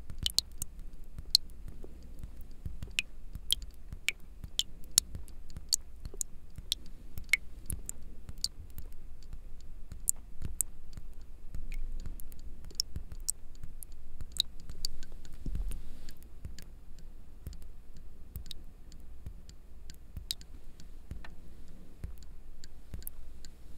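Water drops falling and spraying, heard as a scattered stream of sharp, bright clicks and ticks over a low, steady rumble. The drips come irregularly, several per second, some louder than others, and continue at a similar density for the whole clip.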